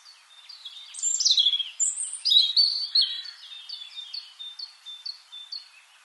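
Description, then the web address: European robin song, a loud rich tumbling phrase of high whistles, then a run of short repeated notes fading away. "SETE Erithacus rubecula"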